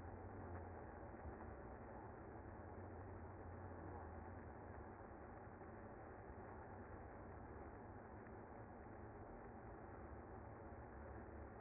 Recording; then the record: honeybee colony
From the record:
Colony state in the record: active